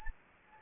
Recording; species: mosquito wingbeat signal from an infrared sensor; Anopheles gambiae